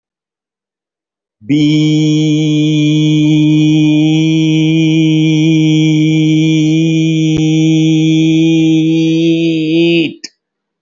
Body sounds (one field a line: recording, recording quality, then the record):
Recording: sustained vowel as in beet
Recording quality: excellent, no background noise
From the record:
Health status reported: healthy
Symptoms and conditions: none ticked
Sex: male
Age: 50 years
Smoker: not ticked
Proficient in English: yes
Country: India